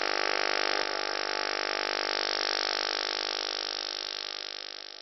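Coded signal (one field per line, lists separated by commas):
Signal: radar signal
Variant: PLUTO OTHR, 50 Hz FMCW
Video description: This video is an example of the British PLUTO (also called PLUTO II) Over The Horizon Radar (OTHR), from the island of Cyprus, transmitting on 4 different frequencies, simultaneously.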